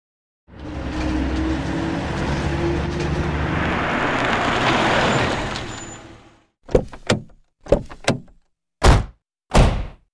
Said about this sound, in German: Die Reise mit dem Auto dauert nicht lange. Sicher nicht länger als 15 Minuten. Das Auto hält vor einem Bauernhaus im Wald an. Ich steige mit den zwei Männern aus dem Auto.